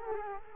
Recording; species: mosquito wingbeat signal from an infrared sensor; Culex quinquefasciatus